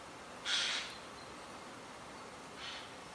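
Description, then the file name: Eurasian jay call: one loud, harsh screech, then a softer, shorter one about two seconds later, against constant hiss. "Garrulus glandarius"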